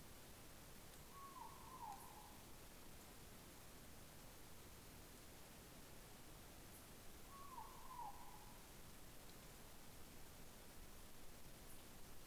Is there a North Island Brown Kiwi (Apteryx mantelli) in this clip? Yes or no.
no